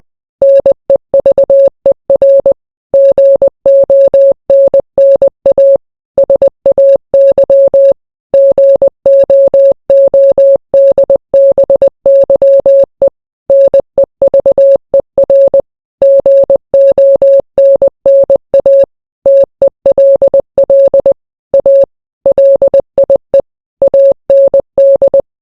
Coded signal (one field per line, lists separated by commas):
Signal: Morse code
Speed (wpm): 20 wpm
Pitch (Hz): 550 Hz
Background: none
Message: NEVER GONNA SAY GOODBYE NEVER GONNA TELL A LIE AND